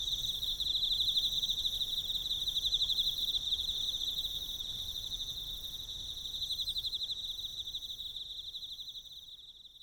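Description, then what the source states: Emma field cricket trilling in fast high pulses that swell and then gradually fade toward the end, leaving near silence. Recorded with a ZOOM F6 recorder and a Sennheiser MK microphone.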